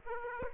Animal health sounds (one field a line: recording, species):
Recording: mosquito wingbeat signal from an infrared sensor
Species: Aedes aegypti